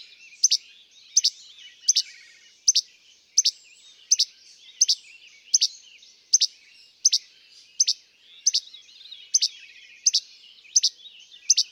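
Least flycatcher delivering a long run of snappy che-bek notes, each sharp and two-parted, spaced under a second apart.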